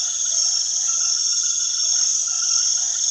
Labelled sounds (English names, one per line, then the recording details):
none
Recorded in secondary vegetation near Puerto Asís, Putumayo, Colombia, on 20 February 2024 at 22:30
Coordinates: 0.500, -76.326
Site G6428